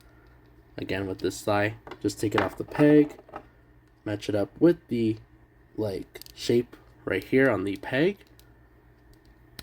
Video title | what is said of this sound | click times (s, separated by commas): S.H.Figuarts - Bond Forger & Anya from "SpyxFamily" - Figure Review | once it's on there it clicks right in and there you go | 9.6 s